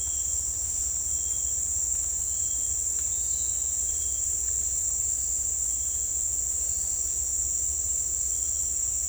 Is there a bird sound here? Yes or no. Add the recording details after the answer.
no. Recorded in dense forest near Puerto Asís, Putumayo, Colombia, on 21 December 2024 at 17:30. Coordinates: 0.486, -76.317. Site G003